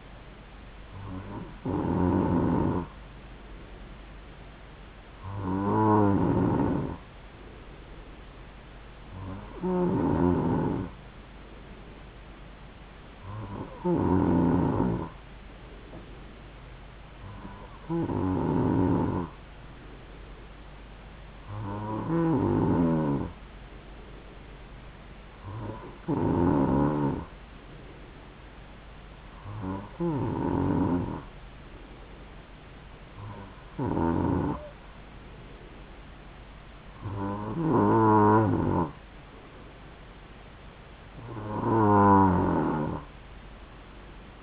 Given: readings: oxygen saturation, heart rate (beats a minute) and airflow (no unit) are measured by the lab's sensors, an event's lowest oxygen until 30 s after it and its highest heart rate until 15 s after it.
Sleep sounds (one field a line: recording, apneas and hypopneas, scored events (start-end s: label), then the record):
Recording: breathing in sleep by a voice recorder at the bedside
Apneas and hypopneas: none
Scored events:
29.00-44.43 s: new sleep stage, N3 (deep sleep)
From the record:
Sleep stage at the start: N2 (light sleep)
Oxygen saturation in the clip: 92 to 93%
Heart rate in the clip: 67 to 71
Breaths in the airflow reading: 11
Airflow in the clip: -3.6 to 2.9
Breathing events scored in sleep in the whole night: 270 in 6.1 hours asleep